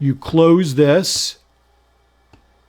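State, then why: Seated. Someone talks while closing a folding multitool, and its handle snaps into its locked closed position with a faint, short click at 2.3 seconds.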